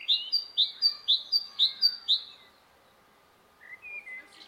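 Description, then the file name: Great tit song, a high two-note teacher-like phrase repeated about five times briskly, followed by a soft lower call near the end. "Parus major"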